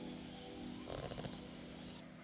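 A coolant hose quick-connect fitting is pushed onto the engine coolant port during a water pump replacement on a 2011-2016 Chevy Cruze 1.8L. Over a steady low hum, a cluster of short, sharp clicks rattles from about 0.9 to 1.3 seconds. The connector clicks in and seats at 0.9 seconds.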